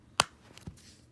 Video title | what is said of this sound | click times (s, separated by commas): Lionel Thomas & Friends Ready-To-Play Set | and pull them together so they will join until I hear a snap | 0.2 s